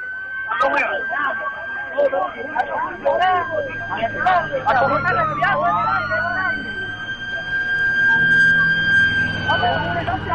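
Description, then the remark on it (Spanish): The town's only ambulance, carrying the wounded to the medical post of Quilaricocha, sounds its siren: a steady high wail that bends and sweeps midway, ringing over a loud, restless crowd of overlapping voices and shouts, with a low rumble beneath. “La única ambulancia del pueblo no alcanzaba para llevar a los heridos hasta la posta médica de Quilaricocha.”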